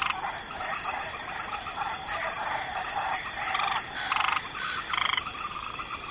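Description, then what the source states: Frogs croaking together, overlapping pulsed rattles swelling and fading, with a continuous shrill insect buzz throughout. Swamp ambience with a light chorus of frogs.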